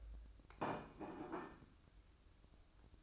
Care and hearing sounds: daily activity, microphone in the room; place plate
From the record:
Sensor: 2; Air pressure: 1007.3 hPa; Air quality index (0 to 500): 41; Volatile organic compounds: 1 ppm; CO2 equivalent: 544 ppm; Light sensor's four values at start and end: 6/15/6/6 and 6/15/6/6

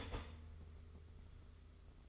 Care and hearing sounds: daily activity, microphone in the room; start toaster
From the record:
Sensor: 4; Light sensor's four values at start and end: 18/55/21/21 and 20/59/23/22

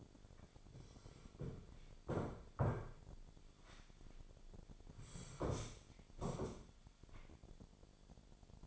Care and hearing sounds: daily activity, microphone in the room; sit down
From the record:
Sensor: 5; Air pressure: 1008.1 hPa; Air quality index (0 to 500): 153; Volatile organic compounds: 3 ppm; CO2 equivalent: 1469 ppm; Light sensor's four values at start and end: 59/165/64/64 and 59/165/64/64

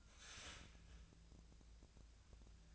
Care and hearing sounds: daily activity, microphone in the room; start toaster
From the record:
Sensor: 2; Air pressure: 1009.1 hPa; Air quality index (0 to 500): 186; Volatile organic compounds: 11 ppm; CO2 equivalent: 2307 ppm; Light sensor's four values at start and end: 23/56/24/26 and 23/56/24/26

